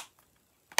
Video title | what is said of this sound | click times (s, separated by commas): Music magpie 1 for sorrow 2 for joy #8 (sean RGR) | a nice click for sean so | 0.8 s